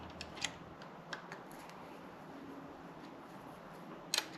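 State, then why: Not seated. A rebuilt headset bearing and race are being tightened and assembled into the steering head tube of a SunSeeker Fat Tad trike. Light handling ticks around 0.4 s and 1.1 s and a sharp double tick near 4.2 s sound over a steady background hiss. Nothing has seated or clicked into place yet.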